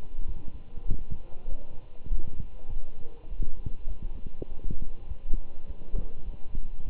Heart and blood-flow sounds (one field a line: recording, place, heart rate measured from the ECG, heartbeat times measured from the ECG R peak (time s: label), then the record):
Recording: heart sounds by stethoscope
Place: between the tricuspid and mitral areas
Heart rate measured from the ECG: 101 bpm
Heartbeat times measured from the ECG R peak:
0.27 s: heartbeat
0.88 s: heartbeat
1.49 s: heartbeat
2.10 s: heartbeat
2.70 s: heartbeat
3.29 s: heartbeat
3.88 s: heartbeat
4.49 s: heartbeat
5.08 s: heartbeat
5.67 s: heartbeat
6.25 s: heartbeat
6.83 s: heartbeat
From the record:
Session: walking at 3.7 km/h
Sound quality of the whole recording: good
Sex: male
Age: 24 years